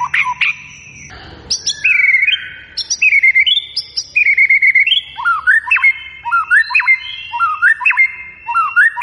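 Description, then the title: White-rumped shama song: a few whistled notes and a short buzzy burst, then bright whistled notes repeating in rising, bouncing phrases of varied pitch. Lure recording meant to provoke a response, featuring a shama described as singing persistently and vigorously. "PANCINGAN MEWAH MURAI BATU GACOR"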